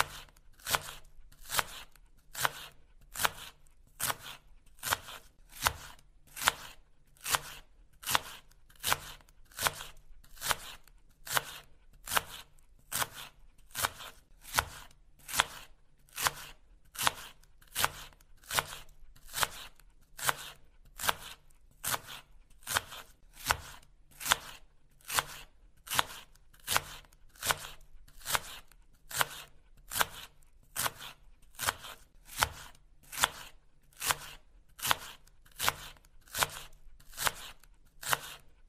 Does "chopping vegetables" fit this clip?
yes